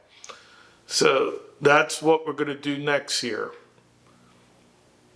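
A touchscreen display with angled feet is handled at the front mount openings of a Bambu 1X 3D printer, to be pushed left until it clicks and locks in place. A brief sharp tick sounds at 0.2 s and someone talks over quiet room tone. Nothing has seated or clicked into place yet.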